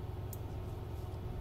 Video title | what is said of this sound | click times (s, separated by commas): Lexus IS200 / IS300 / Toyota Altezza Chasing LED door sill / Kick plate installation instructions | You'll hear a click once the clamp's shut, and it should be on the wire. | 0.3 s